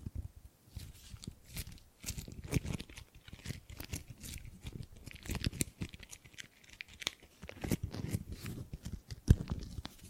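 Gripping and grabbing sounds made of dense, irregular rustles and crinkles that come in quick bursts throughout the ten seconds. Short bright scrapes and crunches mix with soft low thumps, with a sharper knock near nine seconds.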